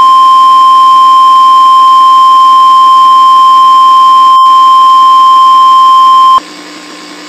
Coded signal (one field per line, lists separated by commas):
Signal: Emergency Alert System (SAME) tones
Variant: 1050 Hz attention tone